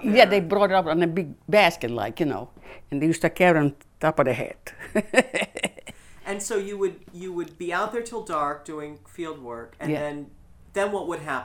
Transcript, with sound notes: Yeah, they brought up in a big basket, like, you know? And they used to carry on top of the head. ( she laughs )
And so you would be out there until dark doing field work, and then what would happen?